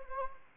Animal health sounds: mosquito wingbeat signal from an infrared sensor; Anopheles arabiensis

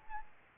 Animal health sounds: mosquito wingbeat signal from an infrared sensor; Aedes albopictus

